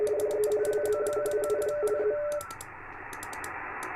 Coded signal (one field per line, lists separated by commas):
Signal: RTTY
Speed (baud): 45.45 baud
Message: DE LZ100LZ